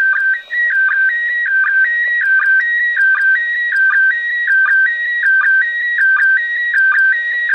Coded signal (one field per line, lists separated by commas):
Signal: SSTV (slow-scan television)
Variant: PD 180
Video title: ISS International Space Station Listen SSTV